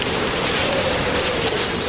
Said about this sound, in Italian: Senti questo. Il bosco dietro casa dei nonni.